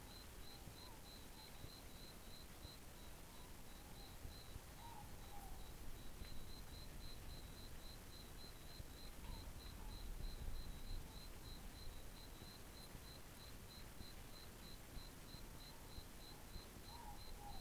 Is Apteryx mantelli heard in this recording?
no